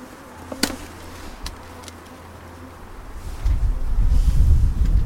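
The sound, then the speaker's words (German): A low, steady hum of honeybees buzzing around an open hive as a beekeeper sets bees in place and brushes them aside so they are not crushed, broken by a few sharp clicks early on, with a rougher rumbling noise swelling over the second half. “Die Bienen hier also ransetzen, damit sie nicht quetschen.”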